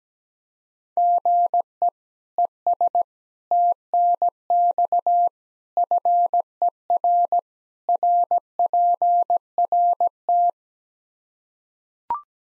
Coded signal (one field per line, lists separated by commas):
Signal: Morse code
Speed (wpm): 17 wpm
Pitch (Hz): 700 Hz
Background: none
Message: GE ES TNX FER RPRT